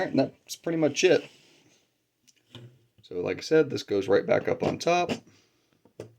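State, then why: Seated. Someone talks while a removable top section of a plastic construction-brick garage model is put back on top and pressed down onto the studs. A sharp plastic click is heard at 6.0 seconds as the section locks in place.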